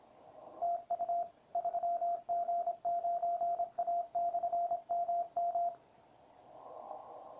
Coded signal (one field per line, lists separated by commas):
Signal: Morse code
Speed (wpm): 26 wpm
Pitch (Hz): 690 Hz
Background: radio noise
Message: TU 3G9A/MM